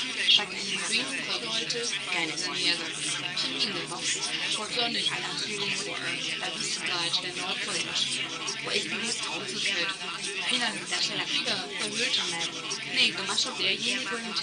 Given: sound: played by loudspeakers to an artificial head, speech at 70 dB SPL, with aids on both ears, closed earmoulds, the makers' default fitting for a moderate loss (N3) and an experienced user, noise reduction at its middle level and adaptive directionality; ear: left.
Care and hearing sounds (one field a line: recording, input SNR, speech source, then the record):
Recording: speech test signal (ISTS) in cocktail-party noise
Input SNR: 0 dB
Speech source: on the right (90 degrees)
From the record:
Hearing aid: class 2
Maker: A